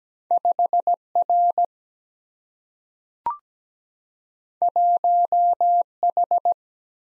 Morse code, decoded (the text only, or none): 5 R 1 H